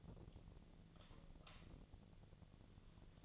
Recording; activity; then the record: daily activity, microphone in the room; light off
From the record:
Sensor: 4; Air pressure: 1010.7 hPa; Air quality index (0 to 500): 171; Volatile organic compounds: 5 ppm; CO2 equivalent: 1739 ppm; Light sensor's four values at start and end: 38/109/43/44 and 37/108/43/44